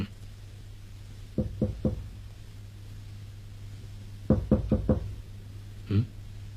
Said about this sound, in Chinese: 哎呀，你怎么了？难道没有听见敲门啊？